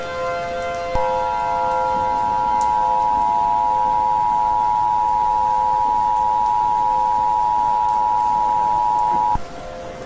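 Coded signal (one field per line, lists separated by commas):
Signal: Emergency Alert System (SAME) tones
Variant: 853 and 960 Hz attention tone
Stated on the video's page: Fictional tornado outbreak scenario, simulated alert.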